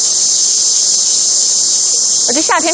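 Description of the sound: A steady, high-pitched cicada-like chirping buzz, concentrated above 4 kHz, used as a simulated tinnitus sound, like summer cicadas. A brief voice is heard near the end.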